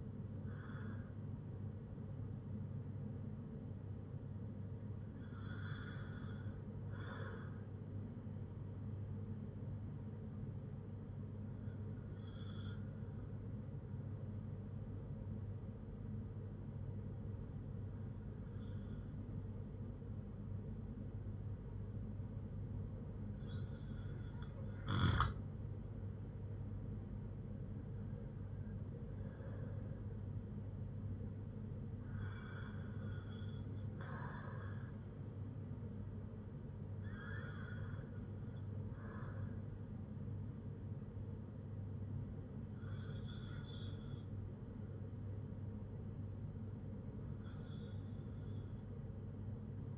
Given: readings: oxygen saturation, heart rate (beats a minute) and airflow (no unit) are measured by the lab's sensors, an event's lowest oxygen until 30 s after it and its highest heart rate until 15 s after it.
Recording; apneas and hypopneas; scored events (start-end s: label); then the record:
breathing in sleep by a smartphone at the bedside; 1
10.00-39.20 s: hypopnea (N1, oxygen 97% highest, then 92% lowest, heart rate 59 at the start, 66 highest)
From the record:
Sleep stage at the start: N1 (lightest sleep); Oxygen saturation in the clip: 92 to 97%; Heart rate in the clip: 56 to 66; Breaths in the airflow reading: 10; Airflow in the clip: -5.4 to 6.3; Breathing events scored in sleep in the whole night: 182 in 7.4 hours asleep